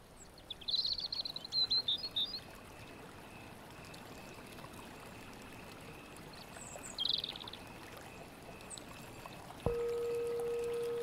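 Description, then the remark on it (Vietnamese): Bright, high bird chirps at daybreak flutter in two short bursts over a steady hiss of flowing water, then a sustained low tone enters near the end. “Đó đây, chim chóc cất tiếng báo hiệu một ngày vừa bắt đầu.”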